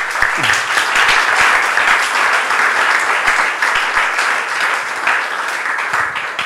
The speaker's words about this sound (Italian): Per cui veramente chiedo a tutti voi di applaudire queste persone qua.